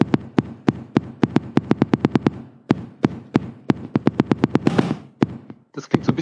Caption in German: Vorhofflimmern, wenn der AV-Knoten irgendwann mal gar nicht mehr so richtig mitspielt. Wenn der AV-Knoten aber ein Problem hat, dann kann das in eine sogenannte Tachyarrhythmie übergehen. Herzkammern sind dann plötzlich viel zu schnell ist dann ein sogenanntes hämodynamisches Problem. Das Blut kann nicht mehr so gut durch den Körper fließen.